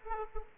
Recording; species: mosquito wingbeat signal from an infrared sensor; Aedes aegypti